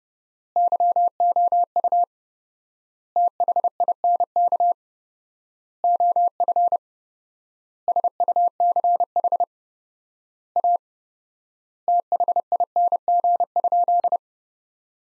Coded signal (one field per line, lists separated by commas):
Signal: Morse code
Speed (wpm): 30 wpm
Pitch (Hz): 700 Hz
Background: none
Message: YOU THINK OF SUCH A THING?